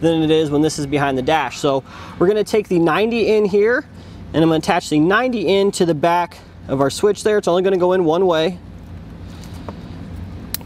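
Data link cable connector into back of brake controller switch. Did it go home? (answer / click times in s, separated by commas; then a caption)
yes / 10.5 s. A person talks while pushing the 90-degree plug of a data link cable into the back of a Redarc Tow-Pro Liberty brake controller switch for a 2017 Toyota Sequoia, connecting it now because it is easier before the unit goes behind the dash. After the talking stops, a sharp, loud click sounds at 10.5 s as the connector locks into place, and the plug is seated.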